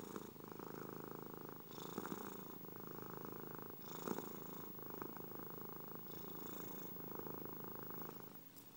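Domestic cat purring steadily, a low rumbling drone that swells and eases with each breath, the airy inhale phases returning about every second or two.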